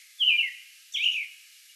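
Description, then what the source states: American robin song: two slurred, whistled caroling phrases, each falling in pitch then trailing off, about three quarters of a second apart, over faint hiss. Song bout recorded May 11.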